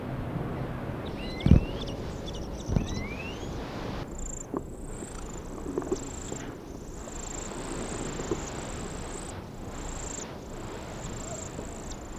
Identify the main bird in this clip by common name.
European Greenfinch